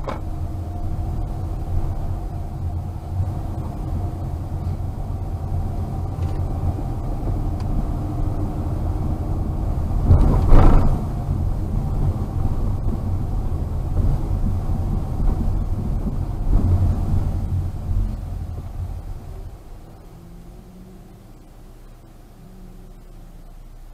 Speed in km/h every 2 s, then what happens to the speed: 12, 20, 22, 25, 26, 26, 27, 26, 20, 12, 5, 5.
0-7 speeds up to 26. 7-15 steady at about 26. 15-20 brakes to 5.